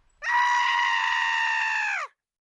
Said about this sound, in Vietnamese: Sau khi ngơ ngác nhìn xung quanh thì mới cúi đầu nhìn xuống người mình. Tiếp theo là một tiếng gào to đầy thê lương xen lẫn bi phẫn vang vọng khắp khu vực này.